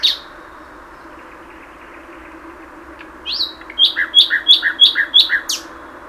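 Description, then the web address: Common nightingale song: after a brief note and quiet, a rising whistle leads into a rhythmic series of loud repeated chirping notes. "SETE Luscinia megarhynchos"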